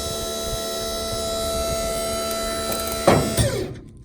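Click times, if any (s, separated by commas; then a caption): 3.1 s. A hydraulic pump runs with a steady tonal whine while the gooseneck of a flatdeck trailer is raised. At 3.1 s the gooseneck hydraulic leg locking mechanism clicks into place with a sharp metallic clank, followed by a second knock around 3.4 s. The pump sound then dies away, and the lock is seated.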